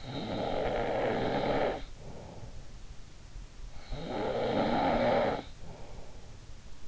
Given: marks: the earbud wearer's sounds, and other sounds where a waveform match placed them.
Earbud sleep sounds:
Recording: sounds in sleep by an in-ear microphone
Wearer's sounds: snoring breath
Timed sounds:
0.00-2.67 s: snoring breath
3.82-6.10 s: snoring breath

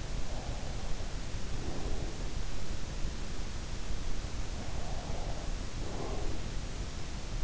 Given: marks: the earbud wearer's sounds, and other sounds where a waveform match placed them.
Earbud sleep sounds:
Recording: sounds in sleep by an in-ear microphone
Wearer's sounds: breath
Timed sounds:
0.00-2.09 s: breath
4.18-6.25 s: breath

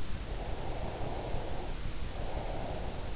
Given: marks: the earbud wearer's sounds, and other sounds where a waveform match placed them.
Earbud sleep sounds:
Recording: sounds in sleep by an in-ear microphone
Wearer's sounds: breath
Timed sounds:
0.27-3.07 s: breath

